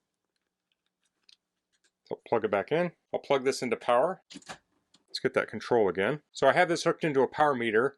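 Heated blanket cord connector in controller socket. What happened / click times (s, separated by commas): The plastic connector clicked home in its socket / 1.3 s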